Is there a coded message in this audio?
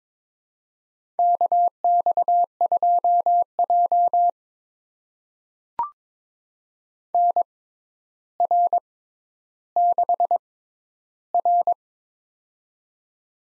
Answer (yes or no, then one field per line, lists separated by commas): yes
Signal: Morse code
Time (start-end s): 1.2-11.7 s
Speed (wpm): 22 wpm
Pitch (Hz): 700 Hz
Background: none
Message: KX2J NR6R